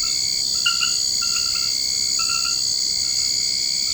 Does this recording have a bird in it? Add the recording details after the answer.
no. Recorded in secondary vegetation near Puerto Asís, Putumayo, Colombia, on 24 March 2025 at 23:30. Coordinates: 0.488, -76.319. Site G095